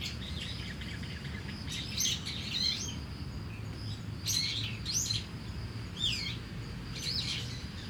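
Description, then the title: Starling song: short, varied whistled and rasping phrases repeated every second or so, over a steady high cricket-like tone and a low traffic rumble. Singing in a tree in Kiyosumi garden, Tokyo, Japan, with crickets and cars; recorded binaurally with DPA 4060 microphones on a Deity PR-2. "Kiyosumi garden, Tokyo, Japon - Starling in a tree"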